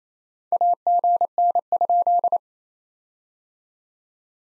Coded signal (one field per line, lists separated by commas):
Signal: Morse code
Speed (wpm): 28 wpm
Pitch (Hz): 700 Hz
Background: none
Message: AGN?